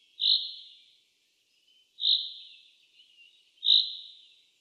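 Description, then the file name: Common chaffinch giving single high, clear notes, each with a fading tail, repeated roughly every one and a half to two seconds; three calls in a quiet background. "Fringilla coelebs"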